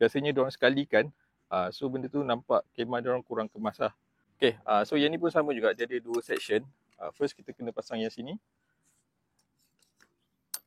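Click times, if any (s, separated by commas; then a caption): 10.5 s. A tent frame pole section of a PAYUNG.CAMP VILLAGE L 2.2 tent, the first section of the second frame part, is fitted into its connector. Someone talks for most of the clip, then after a quiet stretch with faint ticks a sharp click comes at 10.5 s as the section locks into the connector.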